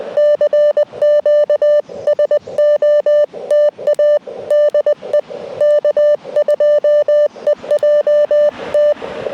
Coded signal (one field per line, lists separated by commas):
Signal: Morse code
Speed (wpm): 20 wpm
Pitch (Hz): 590 Hz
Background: none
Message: CQ SOTA DE K2EJT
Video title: Bramley Mountain SOTA